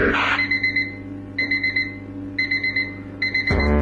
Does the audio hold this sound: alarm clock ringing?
yes